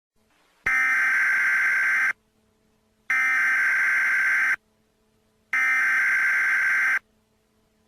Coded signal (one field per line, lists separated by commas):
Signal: Emergency Alert System (SAME) tones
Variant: header bursts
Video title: Rhadophobia Part 1: The Beginning (EAS Scenario)